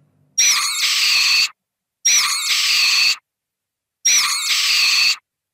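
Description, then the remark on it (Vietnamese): A black crow in a cemetery flaps its wings and flies up into the sky, giving three harsh, shrill caws, each about a second long and evenly spaced with short silences between. The raspy, strident cries are loud and heard alone, with no talking. “Đến khi bóng cô khuất dạng ở đầu con dốc, con quạ cũng vỗ cánh, lao vụt lên trên trời và gào lên ba tiếng thất thanh.”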